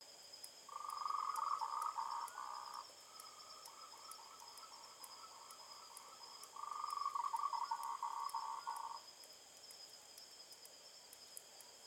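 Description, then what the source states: Frog calls in rapid pulsed trills around one pitch: a loud two-second burst, then a quieter stretch of spaced pulses, then another loud burst of about two seconds, with a steady high background hum. Recorded at night, 20:02 on 20 March 2021.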